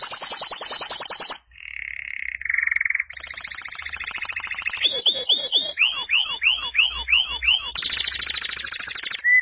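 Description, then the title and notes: Canary in full song: rapid buzzy rolls, a lower warbled trill, then a series of repeated downward-slurred notes and high rattling trills. "Suara Burung Kenari"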